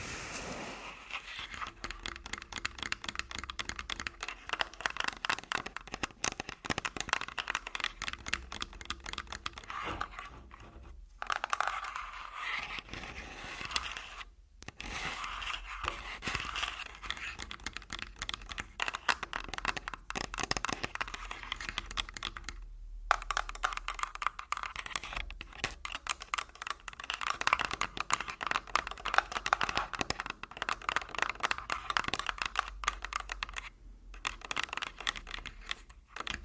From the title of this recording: Tascam Full Body Tapping & Scratching